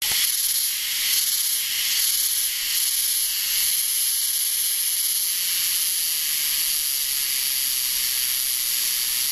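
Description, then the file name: Himeharuzemi cicada calling, a dense, loud, high sizzling buzz that holds steady with gentle pulsing throughout. "himearuzemi"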